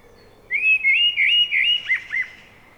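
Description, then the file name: Common blackbird giving a single rich, fluting song phrase of looping whistled notes that finishes with a couple of thin, high squeaks. "Turdus merula"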